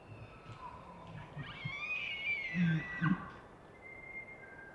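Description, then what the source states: Elk bull bugle: a rising, harmonic whistled scream that peaks and holds high, with deep grunting tones beneath near its end, over a quiet hissing background. Bull elk roaring and screaming during the rut, males active and vocal; Colockum Wildlife Area plateau, eastern Cascades, Washington, pine stands and dry grass; pre-dawn, September 18, after overnight windstorm; raw unfiltered stereo.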